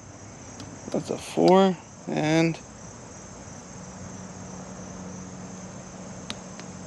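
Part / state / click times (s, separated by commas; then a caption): preset torque wrench on a bike bolt / torque reached / 6.3 s. A 4 Nm preset torque wrench is turned on a 4 mm hex bike bolt while someone talks briefly over a steady high insect-like hiss. A sharp click comes at 6.3 seconds, confirming the wrench has reached its 4 Nm setting.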